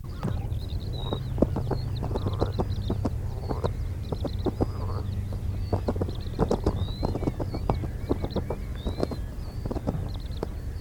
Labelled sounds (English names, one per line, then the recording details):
Ruff call
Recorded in the wild
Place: Insel Kirr, Insel Rügen, Mecklenburg-Vorpommern, DE
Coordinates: 54.421, 12.705
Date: 1970-05-23
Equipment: Nagra III BH, Sennheiser MD 421
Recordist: Schubert, Michael
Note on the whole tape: kämpfende Kampfläufer auf dem Balzplatz